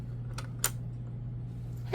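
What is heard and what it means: A plastic dye-sublimation ink ribbon cassette is pushed into the compartment of an HPRT photo printer, following the arrow on it, and the cover may also be closed in the same moment. Over a steady low hum, a faint tap comes at 0.4 s, then a sharp click at 0.6 s as the cassette seats into place.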